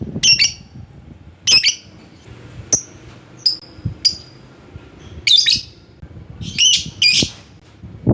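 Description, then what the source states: Lovebird calls: mix of harsh double shrieks and clipped high chirps, irregularly spaced, with low background rumbling. Lovebird calling a rival.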